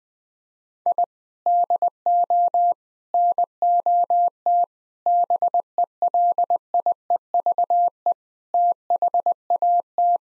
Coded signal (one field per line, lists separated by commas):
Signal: Morse code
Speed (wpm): 20 wpm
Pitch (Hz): 700 Hz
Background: none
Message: I DO NOT BELIEVE THAT